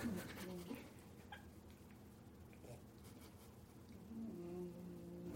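Quiet, low snuffling and snoring breaths from a sleeping bulldog. Two louder rumbling, slightly whistling breaths come about four seconds apart, with faint room noise between them. This is ordinary snoring in a resting flat-faced dog.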